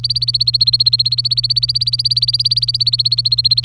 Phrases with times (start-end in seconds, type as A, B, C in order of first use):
0.00-3.65 A